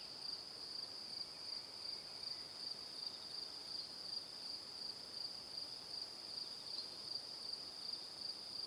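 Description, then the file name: Crickets chirp in an even, rapid high-pitched pulse of about three beats a second, unbroken from start to finish over a gentle hiss of background noise. "Calm - Evening Crickets"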